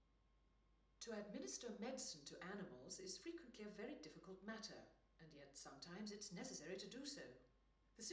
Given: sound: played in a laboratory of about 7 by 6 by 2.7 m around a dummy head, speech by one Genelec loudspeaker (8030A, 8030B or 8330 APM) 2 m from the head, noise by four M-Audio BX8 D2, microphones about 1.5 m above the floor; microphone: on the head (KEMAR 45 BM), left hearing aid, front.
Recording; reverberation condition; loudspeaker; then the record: female speech in English; medium; 30 degrees to the left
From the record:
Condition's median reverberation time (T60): about 510 ms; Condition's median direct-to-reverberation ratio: about -0.5 dB